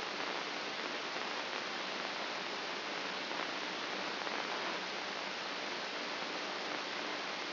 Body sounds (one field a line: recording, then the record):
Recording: brain microelectrode recording played as sound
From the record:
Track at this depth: inside the subthalamic nucleus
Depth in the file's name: 3.232 mm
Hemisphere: left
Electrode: 2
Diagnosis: Parkinson's disease